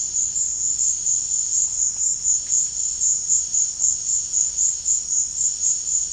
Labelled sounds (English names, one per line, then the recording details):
none
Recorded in pastures near Puerto Asís, Putumayo, Colombia, on 21 March 2025 at 15:00
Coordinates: 0.502, -76.324
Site GP07